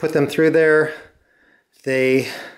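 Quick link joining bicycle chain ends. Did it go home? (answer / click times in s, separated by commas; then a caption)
no / none. Someone talks while pushing the two halves of a metal quick link through the joined ends of a bicycle chain on a vintage ten-speed bike being upgraded to 14-speed. Speech fills roughly the first second and resumes from about 1.9 s, with a quiet gap between that holds only a faint, thin tone. The link has not yet seated or clicked into place by the end of the clip.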